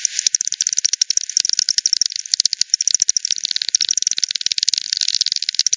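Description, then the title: Bats echolocating, their lowered calls forming rapid, irregular crackling clicks that crowd together without pause, like a rattling buzz. Multiple bats at Hogsmill River, Hogsmill Lane, 7 October 2020 at 18:10; recording frequency-divided by ten, band-pass filtered and resampled. "WW bat 20201007 T 18 : 10 Z-Hogsmill-Lane-Hogsmill-River-multiple-bats"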